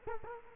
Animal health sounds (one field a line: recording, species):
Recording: mosquito wingbeat signal from an infrared sensor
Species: Culex quinquefasciatus